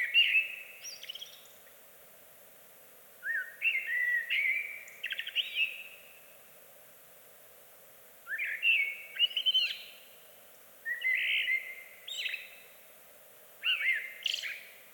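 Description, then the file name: Eurasian blackbird giving about five mellow whistled song phrases, each ending in a shrill twitter and separated by brief gaps, over a light background hiss. "Amsel Bird Blackbird"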